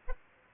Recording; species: mosquito wingbeat signal from an infrared sensor; Aedes aegypti